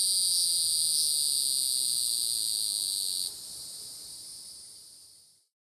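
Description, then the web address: Hieroglyphic cicada song, a continuous high-pitched buzz that drops in loudness partway through and fades out to silence. North American insect. "Songs of Insects. Hieroglyphic Cicada"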